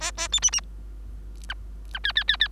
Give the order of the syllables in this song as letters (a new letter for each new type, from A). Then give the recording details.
A A B C C D E E E E. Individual Bird3